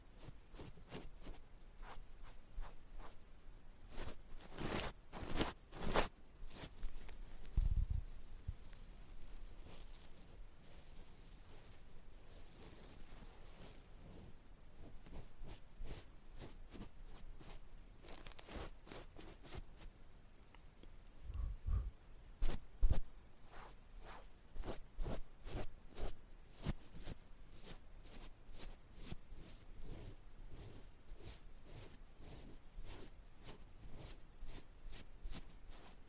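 Ear dusting and touching sounds: a dense run of soft brushing, scratching and tapping strokes that fills the whole clip. Louder rubbing bursts stand out near 5, 8, 22 and 23 seconds, with thumps carrying down low, and quieter feathery brushing between them.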